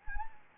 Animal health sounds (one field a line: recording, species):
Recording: mosquito wingbeat signal from an infrared sensor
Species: Anopheles gambiae